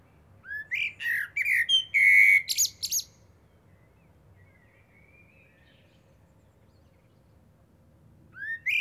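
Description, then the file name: Eurasian blackbird song: a mellow warbled phrase of rising whistles ending in a scratchy twitter, then near silence until a new phrase begins at the end. "Turdus merula"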